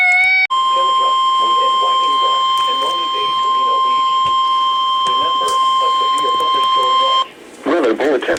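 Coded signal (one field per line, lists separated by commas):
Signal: Emergency Alert System (SAME) tones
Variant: 1050 Hz attention tone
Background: speech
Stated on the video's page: EAS alerts for severe weather.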